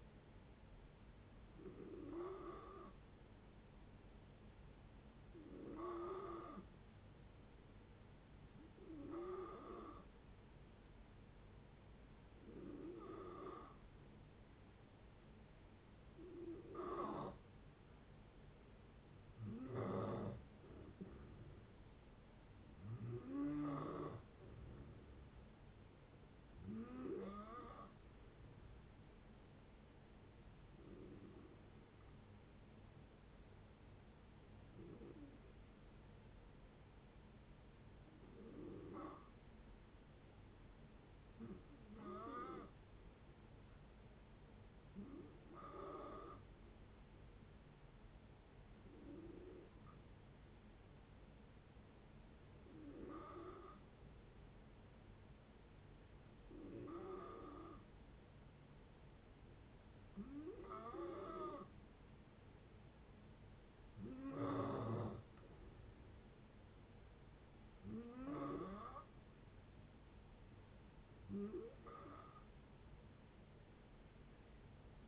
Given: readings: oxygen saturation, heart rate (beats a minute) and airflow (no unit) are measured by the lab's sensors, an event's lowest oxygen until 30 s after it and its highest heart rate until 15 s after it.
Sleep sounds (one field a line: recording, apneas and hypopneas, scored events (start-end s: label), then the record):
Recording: breathing in sleep by a voice recorder at the bedside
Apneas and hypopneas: 2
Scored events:
5.00-18.30 s: hypopnea (N2, oxygen 91% highest, then 88% lowest, heart rate 66 at the start, 74 highest)
10.00-40.00 s: new sleep stage, N1 (lightest sleep)
33.00-61.30 s: hypopnea (N1, oxygen 94% highest, then 90% lowest, heart rate 73 at the start, 73 highest)
40.00-75.08 s: new sleep stage, N2 (light sleep)
From the record:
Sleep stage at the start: N2 (light sleep)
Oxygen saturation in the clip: 88 to 94%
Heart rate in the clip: 59 to 74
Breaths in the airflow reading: 20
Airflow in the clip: -7.4 to 9.6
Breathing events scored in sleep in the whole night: 496 in 5.4 hours asleep